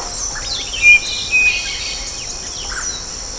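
Bird calls: two short, level whistles near the middle and scattered thin chirps, over a steady high insect drone.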